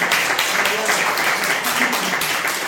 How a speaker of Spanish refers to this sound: Un gran aplauso para ese tesoro que ya tiene.